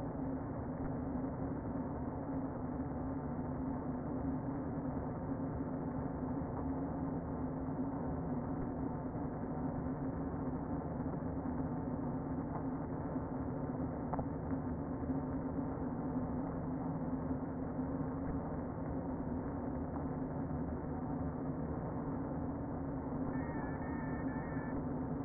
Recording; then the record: honeybee colony, microphone inside the hive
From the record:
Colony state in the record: queen present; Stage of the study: before two queens were removed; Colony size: about 60,000 bees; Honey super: yes